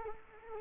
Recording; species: mosquito wingbeat signal from an infrared sensor; Culex quinquefasciatus